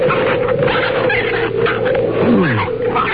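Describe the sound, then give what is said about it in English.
An otter with its leg caught in a trap cries out in a steady, strained whine, ending in a loud squeal that slides down in pitch, all over a constant hiss with no talking. “For crying out loud, it's an otter.”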